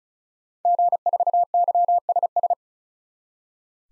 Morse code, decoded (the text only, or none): G4YSS